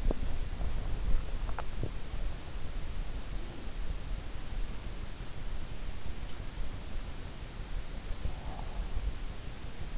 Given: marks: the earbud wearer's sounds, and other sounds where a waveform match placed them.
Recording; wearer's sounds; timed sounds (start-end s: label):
sounds in sleep by an in-ear microphone; swallowing, breath
0.00-0.36 s: swallowing
1.52-1.96 s: swallowing
8.17-9.00 s: breath